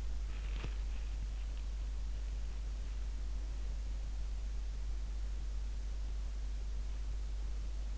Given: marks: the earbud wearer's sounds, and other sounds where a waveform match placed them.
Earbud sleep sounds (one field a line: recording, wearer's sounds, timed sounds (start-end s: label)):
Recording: sounds in sleep by an in-ear microphone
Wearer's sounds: body movement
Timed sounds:
0.25-1.08 s: body movement